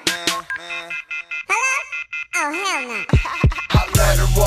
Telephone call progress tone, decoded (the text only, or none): off-hook warning tone